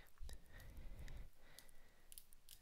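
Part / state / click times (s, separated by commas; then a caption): glass screen protector on a curved-edge phone screen / partly seated / 0.3 s, 1.1 s, 1.6 s, 2.1 s, 2.2 s, 2.5 s. After a glass Super-Shield screen protector is partly lifted and shifted on the curved-edge screen of a Samsung Galaxy S8+, its edge is pressed again and gives sharp clicks at 0.3, 1.1, 1.6, 2.1, 2.2 and 2.5 seconds over a low rumble. The protector still clicks because it is not seated on the curved edge, as it seems a little too big.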